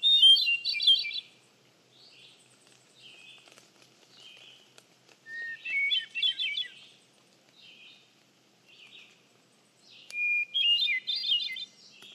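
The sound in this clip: Hermit thrush song phrases, each opening with a pure held whistle and breaking into a shimmering flurry of notes, separated by softer fragments and pauses of several seconds.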